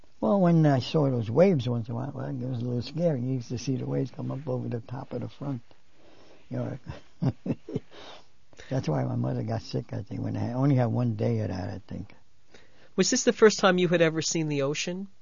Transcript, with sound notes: Well, when I saw those waves once in a while, it was a little scary. I used to see the waves come up over the top in the front. ( he laughs ) That's why my mother got sick. We only had one day of that, I think.
Was this the first time you had ever seen the ocean?